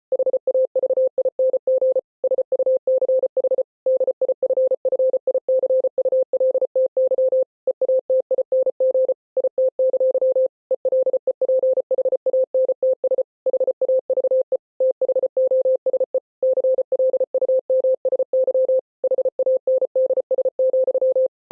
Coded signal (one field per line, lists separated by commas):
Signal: Morse code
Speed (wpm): 33 wpm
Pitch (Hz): 520 Hz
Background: none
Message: HAVING SUCH DIFFICULTY EATING IT! ELEPHANTS HAVE THOSE CLUMSY HANDS,